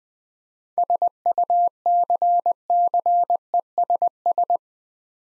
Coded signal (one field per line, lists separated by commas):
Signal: Morse code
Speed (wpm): 20 wpm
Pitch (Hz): 700 Hz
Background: none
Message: SUCCESS